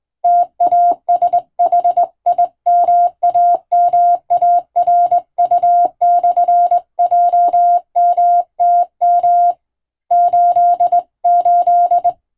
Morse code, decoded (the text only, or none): TASHIMAMARU/JMTM 88